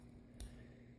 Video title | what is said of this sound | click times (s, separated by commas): Transformers 2007 CLASSIC CAMERO BUMBLEBEE review | and it snaps into place. It automorphs right into place. | 0.4 s